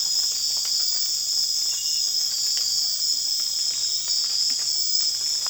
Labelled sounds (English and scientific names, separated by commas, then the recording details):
none
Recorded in secondary vegetation near Puerto Asís, Putumayo, Colombia, on 25 June 2025 at 00:30
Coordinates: 0.485, -76.322
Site GP06